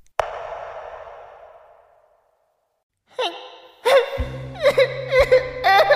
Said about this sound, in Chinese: 章鱼怪嘤嘤嘤的哭声还在脑海中继续，不管是那只庞然大物，还是眼前小巧玲珑的章鱼，哭声都是一样的粗嘎难听。